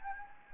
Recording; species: mosquito wingbeat signal from an infrared sensor; Anopheles gambiae